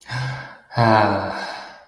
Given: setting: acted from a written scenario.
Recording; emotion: vocal sound without words; serenity